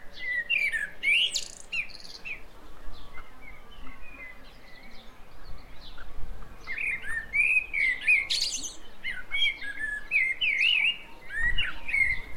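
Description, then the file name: Common blackbird warbling: fluty, looping phrases with high squeaky flourishes, a quieter gap in the middle, then a busier run of notes near the end. "Turdus merula"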